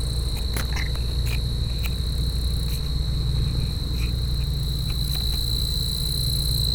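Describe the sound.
Cicada song as a steady, unbroken high-pitched whine held throughout, over a constant low rumble.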